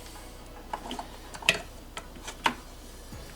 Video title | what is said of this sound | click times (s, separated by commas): S550 Mustang Ford Performance Catch Can Install | and this hose goes here so snap | 1.5 s